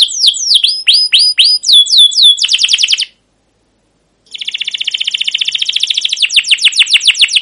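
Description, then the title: Canary song opening with looping whistled notes and a quick rattle, a second of silence, then a long trill of chirping notes. Singing canary used as a lure (pancingan) to train other canaries; long rolling song (ngerol) with cuit cuit notes. "CUIT CUIT NGEROL LANGSUNG GACOR PANJANG Kenari Ini AMPUH Utk Pancingan KENAR"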